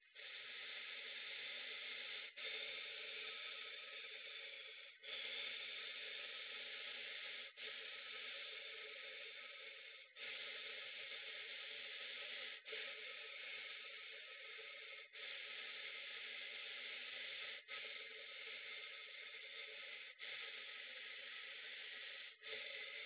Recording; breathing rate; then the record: paced breathing near a phone; 12 breaths a minute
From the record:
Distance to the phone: 20 cm